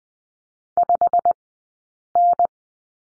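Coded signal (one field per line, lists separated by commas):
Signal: Morse code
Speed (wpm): 20 wpm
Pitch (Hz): 700 Hz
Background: none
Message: 5N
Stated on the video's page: Morse course lesson on number 5 at Farnsworth speed 20/10 wpm.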